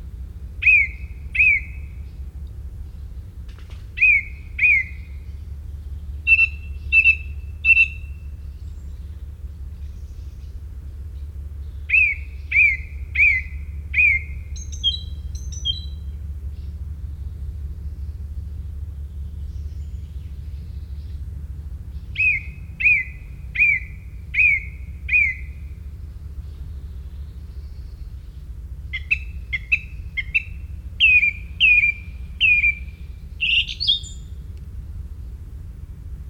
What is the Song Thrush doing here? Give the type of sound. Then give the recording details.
song. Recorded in the wild. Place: Lohme, Insel Rügen, Mecklenburg-Vorpommern, DE. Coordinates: 54.565, 13.615. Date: 1981-06-24 06:18. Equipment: Nagra III BH, Sennheiser MD 21, parabola. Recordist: Schubert, Michael. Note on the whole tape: Gesang einer Singdrossel, exzellenter Sänger und Imitator (Imitation unter anderem von einem Dunklen Wasserläufer)